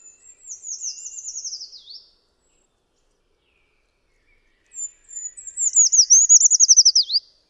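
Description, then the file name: Eurasian treecreeper giving two high, thin song phrases about five seconds apart, each a fast descending trill of rolled notes ending in a short downward flourish. "Pelzacz lesny"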